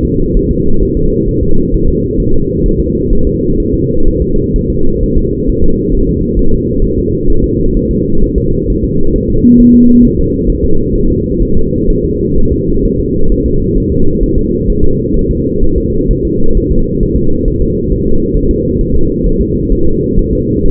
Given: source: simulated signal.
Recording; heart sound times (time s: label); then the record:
fetal heart sounds
0.05 s: S2
0.37 s: S1
0.51 s: S2
0.83 s: S1
0.97 s: S2
1.28 s: S1
1.43 s: S2
1.74 s: S1
1.88 s: S2
2.20 s: S1
2.34 s: S2
2.66 s: S1
2.80 s: S2
3.13 s: S1
3.27 s: S2
3.60 s: S1
3.74 s: S2
4.08 s: S1
4.22 s: S2
4.56 s: S1
4.70 s: S2
5.03 s: S1
5.18 s: S2
5.49 s: S1
5.64 s: S2
5.95 s: S1
6.09 s: S2
6.39 s: S1
6.53 s: S2
6.84 s: S1
6.99 s: S2
7.30 s: S1
7.44 s: S2
7.77 s: S1
7.91 s: S2
8.24 s: S1
8.38 s: S2
8.70 s: S1
8.84 s: S2
9.16 s: S1
9.30 s: S2
9.60 s: S1
9.75 s: S2
10.05 s: S1
10.19 s: S2
10.50 s: S1
10.64 s: S2
10.96 s: S1
11.10 s: S2
11.43 s: S1
11.57 s: S2
11.90 s: S1
12.04 s: S2
12.38 s: S1
12.52 s: S2
12.85 s: S1
13.00 s: S2
13.32 s: S1
13.46 s: S2
13.78 s: S1
13.92 s: S2
14.23 s: S1
14.38 s: S2
14.70 s: S1
14.84 s: S2
15.16 s: S1
15.31 s: S2
15.64 s: S1
15.78 s: S2
16.11 s: S1
16.25 s: S2
16.57 s: S1
16.72 s: S2
17.03 s: S1
17.17 s: S2
17.48 s: S1
17.62 s: S2
17.92 s: S1
18.06 s: S2
18.37 s: S1
18.51 s: S2
18.81 s: S1
18.95 s: S2
19.26 s: S1
19.41 s: S2
19.72 s: S1
19.87 s: S2
20.19 s: S1
20.33 s: S2
20.66 s: S1
From the record:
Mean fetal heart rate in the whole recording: 130 bpm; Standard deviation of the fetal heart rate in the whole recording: 4 bpm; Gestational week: 38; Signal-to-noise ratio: -19.1 dB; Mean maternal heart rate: 72 bpm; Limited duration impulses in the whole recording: present